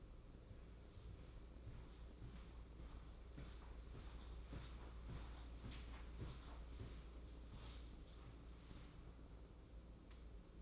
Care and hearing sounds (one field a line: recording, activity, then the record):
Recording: daily activity, microphone in the room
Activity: walk to room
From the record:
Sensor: 1